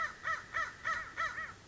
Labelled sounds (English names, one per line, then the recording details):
American Crow
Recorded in Sonoma County, California